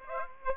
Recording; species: mosquito wingbeat signal from an infrared sensor; Aedes aegypti